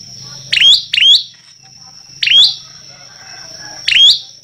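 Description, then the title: Prinia song: loud buzzy rising chirps, two close together then spaced singles, over a faint low hum and a continuous high tone. Persistent, loud singing (gacor) meant as a tutoring track (masteran) for teaching songbirds. "Prenjak Lancur Gacor Untuk Masteran"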